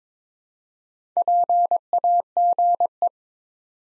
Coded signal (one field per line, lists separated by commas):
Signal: Morse code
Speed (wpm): 22 wpm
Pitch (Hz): 700 Hz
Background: none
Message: PAGE